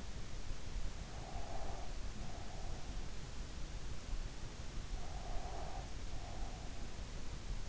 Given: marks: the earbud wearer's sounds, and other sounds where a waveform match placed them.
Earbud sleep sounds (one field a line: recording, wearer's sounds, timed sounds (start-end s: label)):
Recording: sounds in sleep by an in-ear microphone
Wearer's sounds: breath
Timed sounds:
1.23-2.85 s: breath
4.90-6.82 s: breath